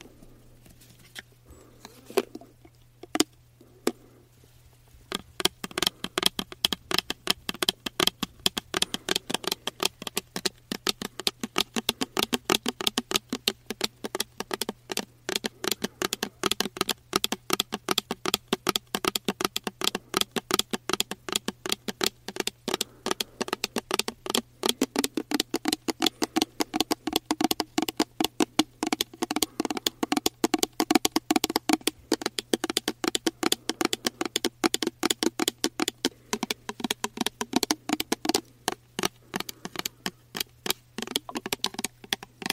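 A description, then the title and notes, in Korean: Tapping on diffuser and body mist bottles. A few scattered taps open the first five seconds, then quick, steady fingernail-like tapping runs crisp to the end. A faint low hum sits underneath throughout. 디퓨저, 바디미스트 탭핑 , 흔드는 소리.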